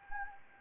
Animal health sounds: mosquito wingbeat signal from an infrared sensor; Anopheles gambiae

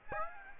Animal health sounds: mosquito wingbeat signal from an infrared sensor; Aedes aegypti

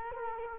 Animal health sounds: mosquito wingbeat signal from an infrared sensor; Culex quinquefasciatus

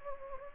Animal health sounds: mosquito wingbeat signal from an infrared sensor; Anopheles gambiae

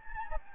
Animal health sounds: mosquito wingbeat signal from an infrared sensor; Anopheles gambiae

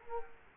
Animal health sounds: mosquito wingbeat signal from an infrared sensor; Culex quinquefasciatus

